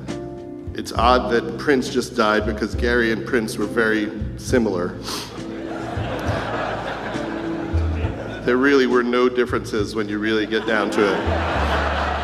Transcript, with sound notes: It's odd that Prince just died because Garry and Prince were very similar.
(LAUGHTER)
There really were no differences when you really get down to it.